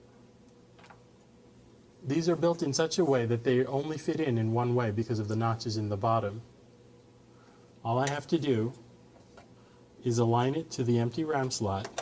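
A RAM memory module, built with notches in the bottom so it fits only one way, is lined up with the empty motherboard memory slot before being pressed down. Someone talks while only faint handling sounds are heard, including a brief soft one near 9.4 s. Nothing has seated or clicked yet.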